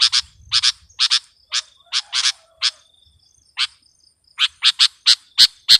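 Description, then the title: Sooty-headed bulbul calling in short bright chirps, singly and in quick pairs, irregularly spaced with a gap near the middle, a thin high tone faintly running behind. "kutilang"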